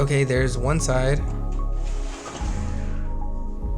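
A graphics card is handled over a motherboard PCIe slot and case while someone talks over background music, with a steady low hum continuing after the talking stops. Nothing has seated or clicked yet; the card's second side has not gone home by the end of the clip.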